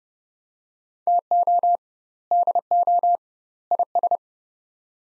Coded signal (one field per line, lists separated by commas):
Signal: Morse code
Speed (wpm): 30 wpm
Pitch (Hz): 700 Hz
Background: none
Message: TO DO IS